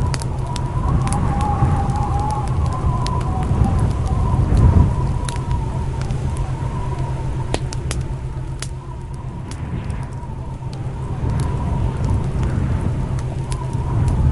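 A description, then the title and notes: A campfire crackles with sharp, scattered pops throughout, some bright, under a steady low roar of strong wind. A faint thin whistle holds near the middle of the sound, and the wind swells slightly around five seconds before easing. Sitting around campfire in a snowstorm.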